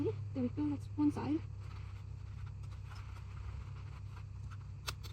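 A last plastic piece is bent slightly and pressed into the body of a 1949 Mercury police patrol model car kit. Someone talks briefly at the start, followed by quiet handling noise. A sharp click at 4.9 s marks the piece popping into place, seated.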